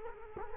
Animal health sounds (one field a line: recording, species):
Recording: mosquito wingbeat signal from an infrared sensor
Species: Culex quinquefasciatus